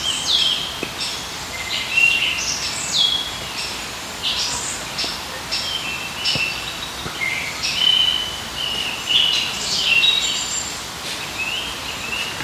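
Several birds chirp and twitter without pause in a park, their bright, quick calls overlapping from start to end. A soft low hum of surroundings sits underneath, with a few faint taps here and there.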